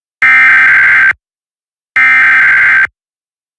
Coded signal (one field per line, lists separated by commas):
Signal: Emergency Alert System (SAME) tones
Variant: header bursts